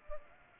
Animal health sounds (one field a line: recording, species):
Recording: mosquito wingbeat signal from an infrared sensor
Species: Culex pipiens